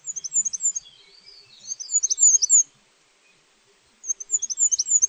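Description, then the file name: Goldcrest singing very high, thin, rhythmic phrases of repeated see-sawing notes, with pauses between the phrases. "roitelet Huppé"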